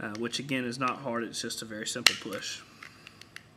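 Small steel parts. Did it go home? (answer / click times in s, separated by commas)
no / none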